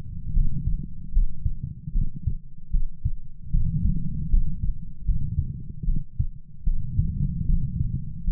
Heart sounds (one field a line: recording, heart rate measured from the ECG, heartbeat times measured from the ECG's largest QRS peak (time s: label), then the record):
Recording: heart sounds by stethoscope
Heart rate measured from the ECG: 76 bpm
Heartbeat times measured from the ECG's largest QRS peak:
0.32 s: heartbeat
1.11 s: heartbeat
1.91 s: heartbeat
2.69 s: heartbeat
3.49 s: heartbeat
4.28 s: heartbeat
5.04 s: heartbeat
5.83 s: heartbeat
6.63 s: heartbeat
7.45 s: heartbeat
8.23 s: heartbeat
From the record:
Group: healthy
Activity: rest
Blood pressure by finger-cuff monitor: 92/55 mmHg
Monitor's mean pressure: 69 mmHg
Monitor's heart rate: 75 bpm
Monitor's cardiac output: 6.3 L/min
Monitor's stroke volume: 84 mL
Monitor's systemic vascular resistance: 760 dyn s/cm5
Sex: female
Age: 26 years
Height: 165 cm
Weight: 55 kg